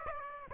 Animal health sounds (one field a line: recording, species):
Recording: mosquito wingbeat signal from an infrared sensor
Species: Aedes aegypti